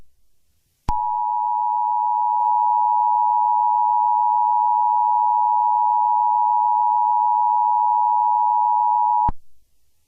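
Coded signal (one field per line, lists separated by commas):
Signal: Emergency Alert System (SAME) tones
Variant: 853 and 960 Hz attention tone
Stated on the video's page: Fictional EAS scenario about summer heat, containing both valid and invalid EAS tones.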